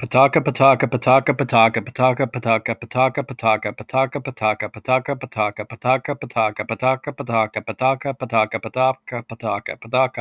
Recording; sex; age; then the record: repeated syllables /pa ta ka/; male; 30 to 39 years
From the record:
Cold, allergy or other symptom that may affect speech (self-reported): no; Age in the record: 39 years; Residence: Pennsylvania, United States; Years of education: 16